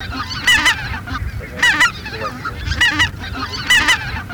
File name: Белолобый Oca Lombardella